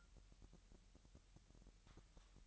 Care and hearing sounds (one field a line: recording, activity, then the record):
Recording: daily activity, microphone in the room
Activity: take from stove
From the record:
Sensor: 3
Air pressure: 1002.0 hPa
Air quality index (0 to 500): 250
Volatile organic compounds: 52 ppm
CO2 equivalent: 3323 ppm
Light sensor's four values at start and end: 6/15/6/6 and 6/15/6/6